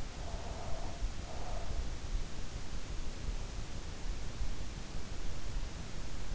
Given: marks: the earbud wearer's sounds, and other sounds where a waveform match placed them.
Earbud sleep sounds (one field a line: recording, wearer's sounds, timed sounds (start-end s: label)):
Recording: sounds in sleep by an in-ear microphone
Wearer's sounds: breath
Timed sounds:
0.05-2.06 s: breath